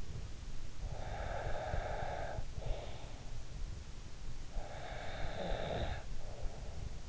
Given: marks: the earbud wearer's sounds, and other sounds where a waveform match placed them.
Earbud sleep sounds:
sounds in sleep by an in-ear microphone; breath, snoring breath
0.57-3.55 s: breath
4.29-7.09 s: snoring breath

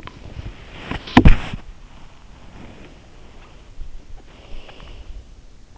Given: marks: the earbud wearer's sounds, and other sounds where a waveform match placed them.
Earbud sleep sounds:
sounds in sleep by an in-ear microphone; body movement, breath
0.00-1.68 s: body movement
2.60-3.67 s: body movement
4.10-5.31 s: breath

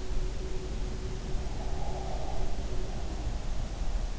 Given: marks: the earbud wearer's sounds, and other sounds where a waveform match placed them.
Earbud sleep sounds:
sounds in sleep by an in-ear microphone; breath
1.46-3.50 s: breath

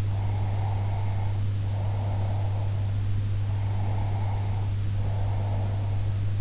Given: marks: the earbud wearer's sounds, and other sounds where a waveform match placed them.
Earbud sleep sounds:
sounds in sleep by an in-ear microphone; breath
0.00-2.91 s: breath
3.48-6.14 s: breath

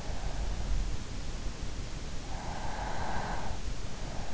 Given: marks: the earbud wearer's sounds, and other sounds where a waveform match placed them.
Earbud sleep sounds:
sounds in sleep by an in-ear microphone; breath
2.10-3.88 s: breath

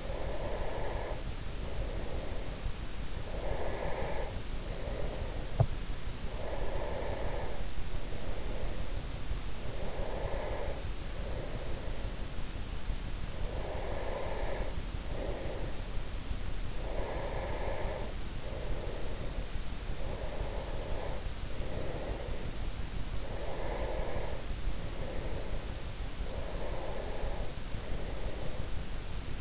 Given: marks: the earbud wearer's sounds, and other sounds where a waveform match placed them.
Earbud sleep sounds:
sounds in sleep by an in-ear microphone; breath
0.02-2.77 s: breath
3.32-6.19 s: breath
6.40-12.26 s: breath
12.81-16.04 s: breath
16.75-22.64 s: breath
23.00-28.98 s: breath

